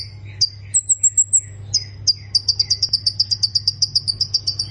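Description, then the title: Plain prinia opening with a few high notes and a thin, very high trill. A quick regular series of sharp chips follows, with a low hum beneath. "Ciblek Sawah"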